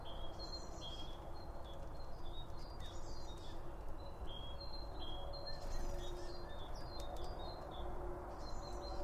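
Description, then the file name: Birds twittering in high repeated chirps throughout, with a faint low hum and an even background rumble. Birds around a bird feeder; recorded with two Line Audio OM1 microphones. "Birds Around Birdfeeding With Two Om 1 From Line Audio"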